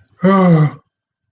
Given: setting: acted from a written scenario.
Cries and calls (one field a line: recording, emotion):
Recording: vocal sound without words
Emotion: positive surprise